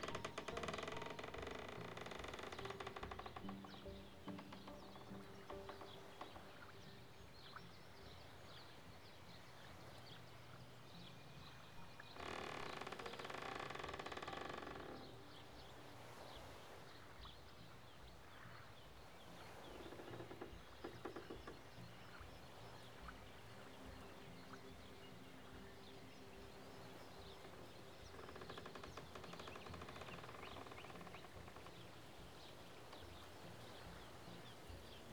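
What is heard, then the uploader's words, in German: Outdoor ambience at the edge of a Canadian lake: a steady, dense murmur with louder rushing swells at the start, around 12 to 15 seconds, and again near 28 to 32 seconds. Scattered low, drawn-out calls and faint animal sounds come and go underneath. Am Rande eines kanadischen Sees.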